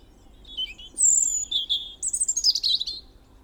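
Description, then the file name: European robin song phrase: a short wavering note, a long thin high whistle, then a rapid descending jumble of twittering notes. "Erithacus rubecula"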